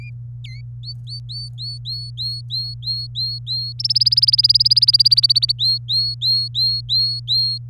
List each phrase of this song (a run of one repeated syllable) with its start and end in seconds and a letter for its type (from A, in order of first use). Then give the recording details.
0.00-0.10 A, 0.44-0.60 A, 0.83-3.73 B, 3.79-5.52 C, 5.59-7.58 B. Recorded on 24 April 2018 at 17:17. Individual llb3